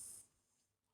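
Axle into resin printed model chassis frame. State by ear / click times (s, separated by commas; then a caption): not seated / none. An axle is being handled and pushed toward the square seat of a resin 3D-printed 16 mm narrow gauge model locomotive chassis. A brief high-pitched hiss lasts about the first 0.2 seconds, then fades to near silence. Nothing has seated or clicked yet.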